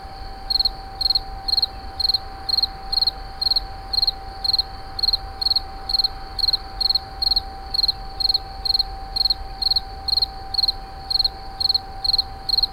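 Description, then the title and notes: Insect giving bright pulsed chirps at a fast, even pace, roughly two per second, with a constant drone underneath. Recorded in 2011 near a wastewater treatment plant at Moulins-sur-Allier. "Insect near WWTP. 2011, Moulins sur allier"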